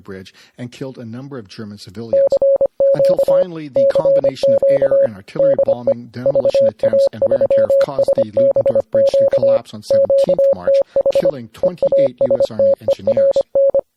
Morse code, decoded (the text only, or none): CQ CQ DE VA3SBQ QTH EASTERN